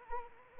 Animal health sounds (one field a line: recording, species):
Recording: mosquito wingbeat signal from an infrared sensor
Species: Anopheles arabiensis